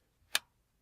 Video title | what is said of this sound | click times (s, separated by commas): Side Hustle Ideas + How to Mine Cryptocurrencies (and How to Think About Being Your Own Boss) | we heard a click fantastic | 0.4 s